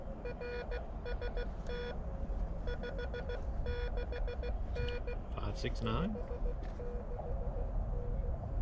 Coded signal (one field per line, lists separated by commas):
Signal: Morse code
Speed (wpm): 16 wpm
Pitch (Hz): 480 Hz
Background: speech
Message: RST 56N 56N